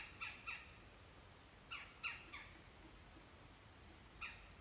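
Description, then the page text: Red-bellied woodpecker giving harsh, squawking call notes, a quick pair and a short trio, then a lone note after a pause, against soft low hiss. Recorded in Maryland. "Maryland Biodiversity. Red-bellied Woodpecker ( Melanerpes carolinus )"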